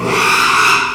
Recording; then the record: squeal of a Yucatan mini pig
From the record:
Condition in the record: after surgery on the right vocal fold (resection and tissue-engineered implant); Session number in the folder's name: 1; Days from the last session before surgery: 6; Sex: male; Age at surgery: 12 weeks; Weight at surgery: 13 kg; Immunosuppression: cyclosporine, prednisolone